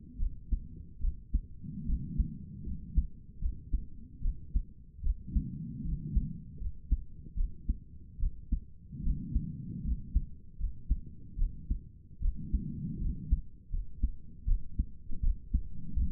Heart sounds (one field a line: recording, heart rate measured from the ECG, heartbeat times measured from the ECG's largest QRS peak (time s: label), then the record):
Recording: heart sounds by stethoscope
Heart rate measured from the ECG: 76 bpm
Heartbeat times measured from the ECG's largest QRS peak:
0.18 s: heartbeat
1.00 s: heartbeat
1.86 s: heartbeat
2.65 s: heartbeat
3.40 s: heartbeat
4.21 s: heartbeat
5.03 s: heartbeat
5.84 s: heartbeat
6.59 s: heartbeat
7.36 s: heartbeat
8.19 s: heartbeat
9.03 s: heartbeat
9.83 s: heartbeat
10.58 s: heartbeat
11.37 s: heartbeat
12.21 s: heartbeat
13.00 s: heartbeat
13.71 s: heartbeat
14.46 s: heartbeat
15.22 s: heartbeat
15.95 s: heartbeat
From the record:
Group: healthy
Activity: rest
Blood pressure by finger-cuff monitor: 79/52 mmHg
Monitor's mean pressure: 62 mmHg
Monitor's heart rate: 75 bpm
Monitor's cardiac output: 6 L/min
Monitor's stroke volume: 80 mL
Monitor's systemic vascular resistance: 740 dyn s/cm5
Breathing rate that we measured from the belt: 17 breaths a minute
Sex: female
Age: 22 years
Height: 163 cm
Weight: 67.1 kg